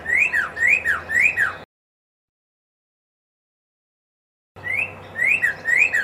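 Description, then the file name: Red-crested cardinal singing a string of whistled, slurred notes, about two a second, broken by a silent gap before the phrase resumes. Song variation 3. "suara kicauan burung red crested cardinal. omkicau"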